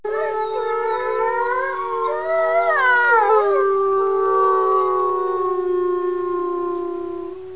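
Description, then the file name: Wolf: several wolves howl at once, one steady low note held throughout while higher howls rise, dip and fade away. "WOLVES"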